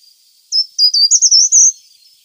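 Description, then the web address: Short-toed treecreeper song, one quick high-pitched phrase of thin separate notes climbing into a short wavering trill. "Schulze Peter Short-toed Treecreeper song"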